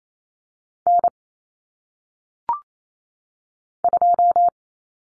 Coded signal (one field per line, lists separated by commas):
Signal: Morse code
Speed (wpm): 28 wpm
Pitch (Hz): 700 Hz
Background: none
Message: N 2